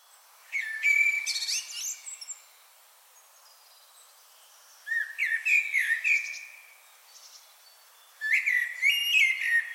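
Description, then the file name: Common blackbird singing three rich, low whistled phrases. Each one breaks into thin, high twitters at its end, with quiet gaps of one to three seconds between them. "Turdus merula"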